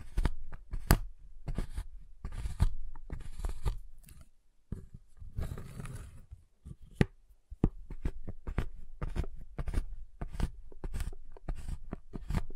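Tapping, cutting and snapping on a giant chocolate bar, heard as quick, irregular clicks and taps. The sharp hits come densely, with a brief quieter stretch around four to seven seconds carrying a softer scraping rustle, then the crisp taps resume.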